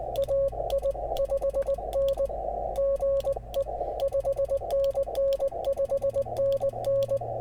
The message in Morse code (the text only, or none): AI5N GE 5NN 5NN